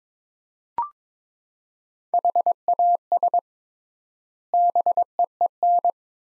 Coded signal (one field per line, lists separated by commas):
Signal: Morse code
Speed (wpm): 22 wpm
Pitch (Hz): 700 Hz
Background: none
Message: HAS BEEN